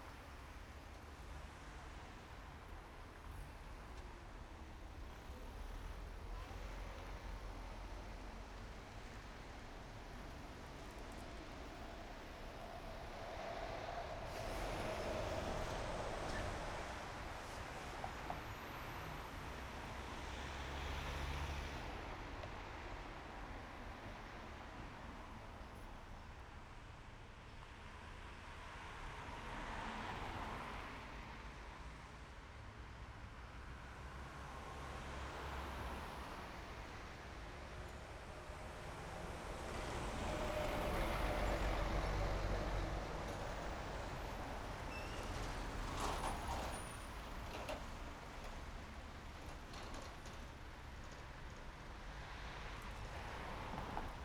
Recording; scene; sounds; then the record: everyday scene through a hearing-aid microphone; in traffic; traffic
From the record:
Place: main road on the outskirts, rush hour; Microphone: behind the ear, right, front